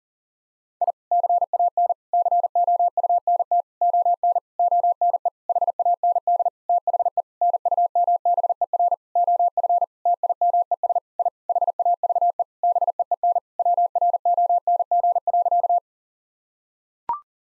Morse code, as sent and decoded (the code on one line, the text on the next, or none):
.. / -.-. .- -. / -.-. --- ..- -. - / --- -. / --- -. . / .... .- -. -.. / - .... . / -. ..- -- -... . .-. / --- ..-. / - .. -- . ... / .. / .... .- ...- . / -... . . -. / .-- .-. --- -. --. .-.-.-
I CAN COUNT ON ONE HAND THE NUMBER OF TIMES I HAVE BEEN WRONG.